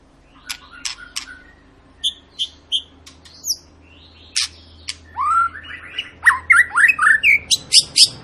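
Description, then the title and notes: White-rumped shama song over a faint low hum, with spaced sharp chirps at first, then a burst of swooping whistled notes and quick chirps. Long lure recording of a shama singing vigorously (gacor), used to prompt other birds to sing. "Murai Batu Gacor Panjang. muraiku"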